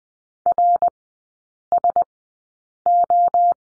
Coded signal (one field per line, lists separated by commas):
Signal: Morse code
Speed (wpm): 20 wpm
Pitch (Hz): 700 Hz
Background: none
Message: RSO